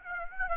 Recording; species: mosquito wingbeat signal from an infrared sensor; Aedes aegypti